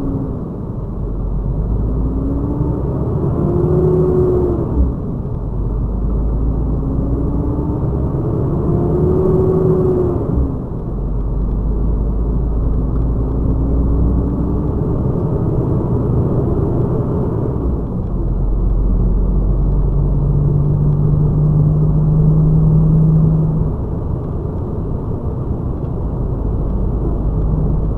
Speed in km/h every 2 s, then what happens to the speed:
13, 20, 23, 29, 38, 39, 44, 52, 58, 60, 63, 66, 65, 66.
0-22 speeds up to 66. 22-28 steady at about 66.